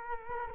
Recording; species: mosquito wingbeat signal from an infrared sensor; Culex quinquefasciatus